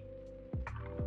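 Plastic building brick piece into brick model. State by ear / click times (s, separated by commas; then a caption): not seated / none. A plastic building brick piece is pressed onto the upper part of a medieval harbour inn model built from a plastic brick set. Over steady background music, short plastic handling sounds come at about 0.5 s and 0.7 s, with another rise near 1.0 s. The piece has not clicked or seated yet.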